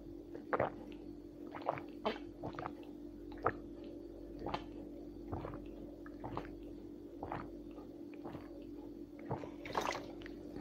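Someone gulping water from a baby bottle: a steady series of about a dozen wet, clicky swallows over a constant low hum, with no talking.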